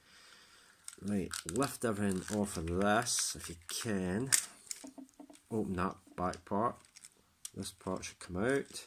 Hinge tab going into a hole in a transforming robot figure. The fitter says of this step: you just push it, lock it down into place like that.